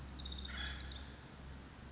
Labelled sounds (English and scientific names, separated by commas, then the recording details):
Pacific Wren (Troglodytes pacificus)
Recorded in Sonoma County, California